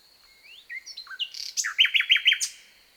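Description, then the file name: Common nightingale song phrase opening with soft rising whistles, then a fast series of loud, repeated downward chirps before fading. "Luscinia megarhynchos"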